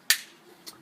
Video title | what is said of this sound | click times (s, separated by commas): RYOBI REEL-EASY BUMP HEAD WITH SPEED WINDER UNBOXING, SETUP, AND REVIEW | So it snaps right in there, just like that. | 0.1 s